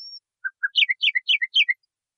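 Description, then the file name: Nightingale song: a thin high whistle, two low notes, then four quick repeated chirping phrases, each a bright downward slur, delivered in under two seconds. Training recording (masteran) used to teach singing to caged birds. "suara masteran nightingale"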